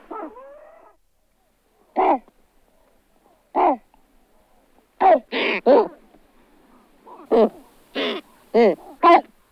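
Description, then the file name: Great white pelican calls: short, hoarse, downward-bending grunts given singly at irregular gaps, quickening toward the end into several harsh calls in close succession. "Pelikan bily Pelecanus onocrotalus"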